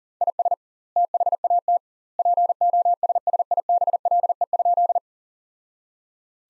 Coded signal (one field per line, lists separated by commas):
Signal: Morse code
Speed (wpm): 40 wpm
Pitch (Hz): 700 Hz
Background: none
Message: IS THAT POSSIBLE?